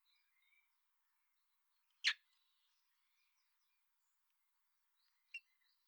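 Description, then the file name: Common blackbird gives one sharp ticking call midway, a softer one later, with faint high twittering in the background. "Turdus merula"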